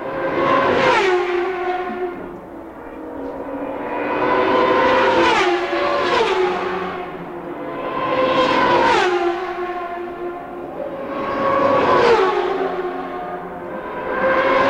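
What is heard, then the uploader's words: Race cars roar around a track, with the sound swelling and fading as cars sweep past roughly every three to four seconds, near 1, 5, 6, 9 and 12 seconds. Engine whine rises and drops in pitch with each pass over a constant dense rumble. The Sounds of IndyCar, Phoenix 1995. The 1995 CART IndyCar Series event at Phoenix International Raceway. The glorious sounds of the unmistakable 2.65-liter turbocharged V8 engines provide an amazing soundtrack.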